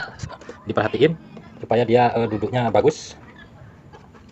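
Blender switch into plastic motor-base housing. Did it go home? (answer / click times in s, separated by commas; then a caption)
no / none. Someone talks while the internal switch of a dead Philips HR2115 blender, under repair, is handled and pressed into its plastic motor-base housing so it sits properly. Nothing has seated or clicked yet.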